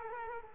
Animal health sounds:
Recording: mosquito wingbeat signal from an infrared sensor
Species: Culex quinquefasciatus

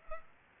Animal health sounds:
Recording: mosquito wingbeat signal from an infrared sensor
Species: Culex pipiens

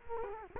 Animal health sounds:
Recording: mosquito wingbeat signal from an infrared sensor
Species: Culex quinquefasciatus

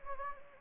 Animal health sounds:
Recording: mosquito wingbeat signal from an infrared sensor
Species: Anopheles gambiae

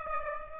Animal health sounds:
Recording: mosquito wingbeat signal from an infrared sensor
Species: Aedes aegypti

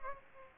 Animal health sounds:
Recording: mosquito wingbeat signal from an infrared sensor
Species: Aedes aegypti

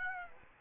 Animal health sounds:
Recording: mosquito wingbeat signal from an infrared sensor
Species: Aedes aegypti

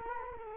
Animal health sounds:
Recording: mosquito wingbeat signal from an infrared sensor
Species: Culex quinquefasciatus

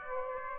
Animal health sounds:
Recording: mosquito wingbeat signal from an infrared sensor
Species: Aedes aegypti

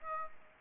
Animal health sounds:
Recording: mosquito wingbeat signal from an infrared sensor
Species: Aedes aegypti

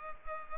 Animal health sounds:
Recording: mosquito wingbeat signal from an infrared sensor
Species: Culex pipiens

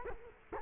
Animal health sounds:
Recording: mosquito wingbeat signal from an infrared sensor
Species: Culex quinquefasciatus

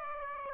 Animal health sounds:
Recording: mosquito wingbeat signal from an infrared sensor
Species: Aedes aegypti

